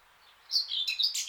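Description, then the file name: Eurasian blackcap giving a short burst of bright, scratchy warbling notes after a moment of quiet. "Sylvia atricapilla"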